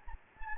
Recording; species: mosquito wingbeat signal from an infrared sensor; Anopheles gambiae